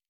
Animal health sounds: hydrophone in a shrimp aquaculture tank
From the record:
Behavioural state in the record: normal

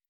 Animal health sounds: hydrophone in a shrimp aquaculture tank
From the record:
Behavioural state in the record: weakened

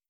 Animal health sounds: hydrophone in a shrimp aquaculture tank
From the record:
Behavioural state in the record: starved

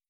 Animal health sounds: hydrophone in a shrimp aquaculture tank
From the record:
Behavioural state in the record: starved

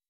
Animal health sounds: hydrophone in a shrimp aquaculture tank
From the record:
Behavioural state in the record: weakened

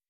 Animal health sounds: hydrophone in a shrimp aquaculture tank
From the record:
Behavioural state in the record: weakened

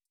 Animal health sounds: hydrophone in a shrimp aquaculture tank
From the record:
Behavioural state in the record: starved

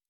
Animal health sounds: hydrophone in a shrimp aquaculture tank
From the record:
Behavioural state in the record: normal

